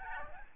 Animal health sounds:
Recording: mosquito wingbeat signal from an infrared sensor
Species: Aedes albopictus

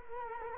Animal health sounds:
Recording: mosquito wingbeat signal from an infrared sensor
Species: Culex quinquefasciatus

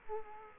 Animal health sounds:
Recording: mosquito wingbeat signal from an infrared sensor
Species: Culex quinquefasciatus

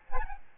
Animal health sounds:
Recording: mosquito wingbeat signal from an infrared sensor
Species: Aedes albopictus

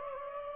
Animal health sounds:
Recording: mosquito wingbeat signal from an infrared sensor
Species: Aedes aegypti

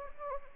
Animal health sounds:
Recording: mosquito wingbeat signal from an infrared sensor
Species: Anopheles arabiensis

